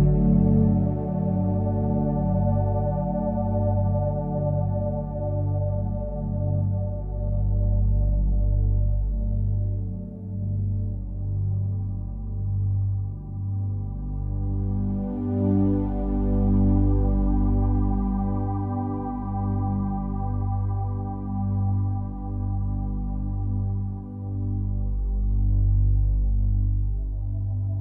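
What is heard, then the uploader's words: Binaural beats: steady, deep sustained tones hum low beneath a soft, layered synth drone that barely changes. A gentle swell adds faint brightness around the middle, then fades back into the same slow, unbroken wash of sound. 3.2Hz Delta Brain Waves. Binaural Beats.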